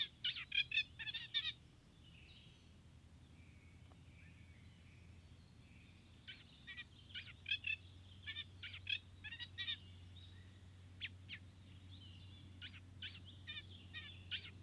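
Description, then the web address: Eurasian reed warbler song, rhythmic scratchy chirps in loose bursts, a loud chattering start, then sparser repeated notes over faint background hum. 13 June 2015. "fagelljud 20150613 rorsangare"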